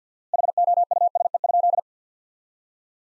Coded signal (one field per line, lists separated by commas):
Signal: Morse code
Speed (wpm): 50 wpm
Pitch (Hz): 700 Hz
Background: none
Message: HOUSE?